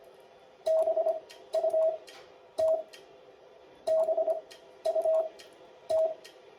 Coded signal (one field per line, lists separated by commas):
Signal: Morse code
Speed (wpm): 25 wpm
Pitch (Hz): 640 Hz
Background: none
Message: BUT BUT